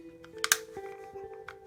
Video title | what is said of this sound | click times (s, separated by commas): Takom 1/35 MkIV Tank "One month build" Part 6. Hull finished, sides now. | that was a nice click. | 0.4 s, 0.5 s